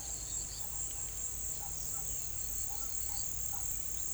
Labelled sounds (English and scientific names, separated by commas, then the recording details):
none
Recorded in pastures near Puerto Asís, Putumayo, Colombia, on 22 December 2024 at 16:00
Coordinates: 0.487, -76.322
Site GP09